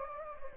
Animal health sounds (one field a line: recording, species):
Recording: mosquito wingbeat signal from an infrared sensor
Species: Anopheles gambiae